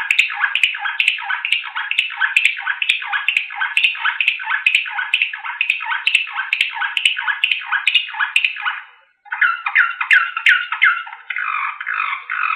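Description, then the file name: Canary song: a long run of fast, repeated chopped notes, a brief pause, then further rapid phrases. Slavujar style canary song. "kenari slavujar omkicau"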